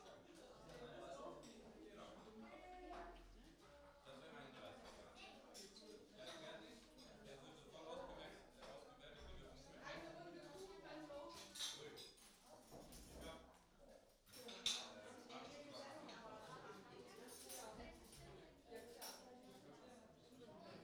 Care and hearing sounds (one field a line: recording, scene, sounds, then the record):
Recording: everyday scene through a hearing-aid microphone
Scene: many people talking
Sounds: many voices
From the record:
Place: parish hall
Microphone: in the ear canal, right